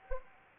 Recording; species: mosquito wingbeat signal from an infrared sensor; Anopheles gambiae